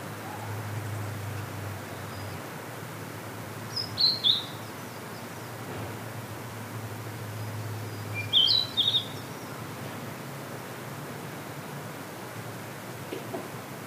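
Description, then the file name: Blue-and-white flycatcher song: two brief bursts of sweet, slurred whistled notes a few seconds apart against a steady hiss of environmental noise. "oruri"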